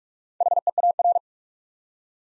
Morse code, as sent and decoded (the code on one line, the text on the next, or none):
.... . .- .-.
HEAR